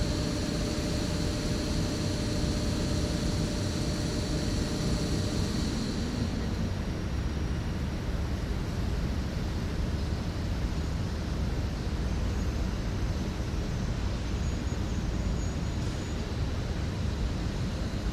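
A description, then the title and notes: Dense, steady rumble fills a train station, with a faint high whine and low hum that drop away around six seconds. Wroclaw train station ambience. The recording was made with a Free Space Pro II binaural microphone (3DIO Sound). Recorded by Artur Olejarczyk.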